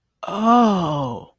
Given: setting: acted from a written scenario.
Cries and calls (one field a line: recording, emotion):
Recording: vocal sound without words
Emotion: awe